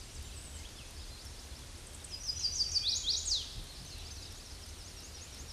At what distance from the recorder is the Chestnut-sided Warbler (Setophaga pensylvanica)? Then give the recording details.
about 15 m. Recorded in a Pennsylvania forest on 18 May 2023 at 07:57. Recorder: AudioMoth, point grid1_19_low. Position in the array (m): 105 m, 214 m